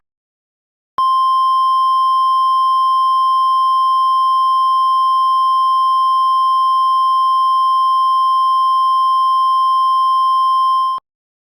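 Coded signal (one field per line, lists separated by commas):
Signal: Emergency Alert System (SAME) tones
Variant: 1050 Hz attention tone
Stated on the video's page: Mock EAS tornado warning alert.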